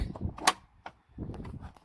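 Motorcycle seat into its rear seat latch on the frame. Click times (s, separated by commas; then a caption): 0.5 s. A Kawasaki VN900 rider seat is refitted onto its rear seat latch on the frame, with the front located and the rear spikes lined up with the holes before it is pressed down. Low shuffling and rustling build to a sharp, bright click at 0.5 s as the latch engages. Quieter knocks follow as the seat is tugged, confirming it is seated.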